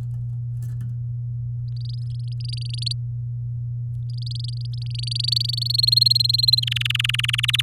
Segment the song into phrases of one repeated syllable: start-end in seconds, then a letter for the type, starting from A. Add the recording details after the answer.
1.68-2.93 A, 4.10-5.76 A, 5.78-6.60 B, 6.62-7.61 C. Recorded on 7 May 2018 at 13:39. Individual llb16